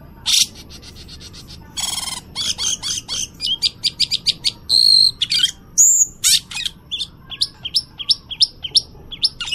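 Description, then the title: Cucak keling pouring out harsh rattles, buzzy notes and clear whistles, ending in a quick series of rising, squeaky chirps. Various fill songs (aneka isian). "Cucak Keling EmCeEm"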